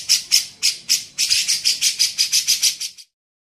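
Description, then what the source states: Grey-cheeked bulbul: a few spaced rasping notes that speed into a rapid scratchy chatter, ending abruptly in silence. Masteran recording used to train songbirds; Indonesian name cucak jenggot.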